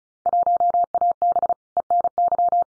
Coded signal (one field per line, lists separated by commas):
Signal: Morse code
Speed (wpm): 34 wpm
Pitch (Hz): 700 Hz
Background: none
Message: 1AB ENY